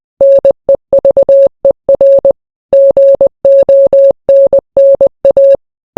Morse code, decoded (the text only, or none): NEVER GONNA